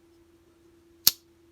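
The main blade of a vintage whaler jack knife is closed by hand and snaps shut into its handle against the backspring. A single sharp, bright click is heard at 1.1 s over a faint steady hum. The blade is seated closed with no play.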